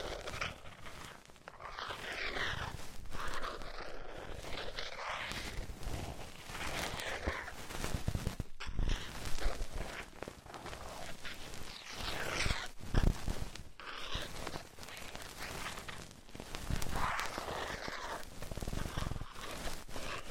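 Ear cleaning with rhinestone and clay removal: a dense, continuous layer of scratchy crackling and rubbing that swells and eases in slow sweeps. Brief sharp pauses break it around 8 and 12 seconds before the steady scraping picks up again.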